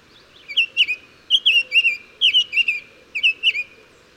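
Bird song with clusters of twisting chirped whistles, two or three notes per burst, repeated roughly every second against faint background hiss.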